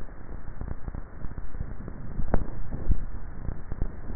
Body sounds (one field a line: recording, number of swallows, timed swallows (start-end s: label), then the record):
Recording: swallowing sounds by neck microphone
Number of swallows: 1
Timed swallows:
2.22-3.62 s: swallow
From the record:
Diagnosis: dysphagia